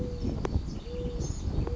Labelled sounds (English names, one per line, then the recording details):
Mourning Dove
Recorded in Sonoma County, California